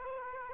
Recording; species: mosquito wingbeat signal from an infrared sensor; Aedes aegypti